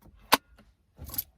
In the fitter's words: it just locks in place like that what that is so cool